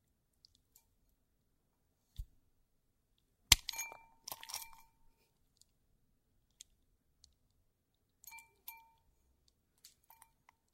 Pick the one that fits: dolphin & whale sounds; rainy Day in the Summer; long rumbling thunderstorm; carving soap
carving soap